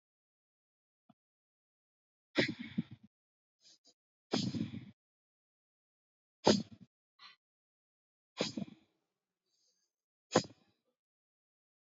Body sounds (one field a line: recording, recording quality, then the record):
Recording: deep breathing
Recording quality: poor, much background noise or distortion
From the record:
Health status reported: healthy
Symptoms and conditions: hypertension, diabetes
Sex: male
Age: 52 years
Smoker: not ticked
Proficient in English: yes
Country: India